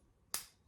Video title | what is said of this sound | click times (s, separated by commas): Unreal vintage razor, pretty average shave HSSW 51 | so that's in place we shut the hinge gate did you hear that click | 0.3 s